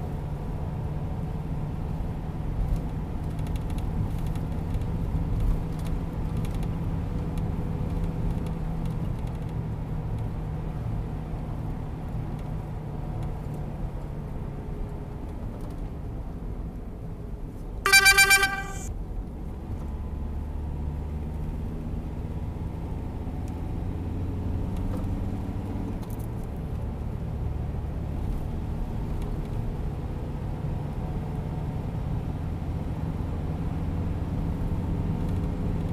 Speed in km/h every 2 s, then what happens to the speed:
83, 86, 89, 89, 85, 83, 78, 68, 55, 54, 58, 65, 70, 74, 78, 83, 88, 93.
0-4 speeds up to 89. 4-16 slows to 55. 18-36 speeds up to 93.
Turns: none.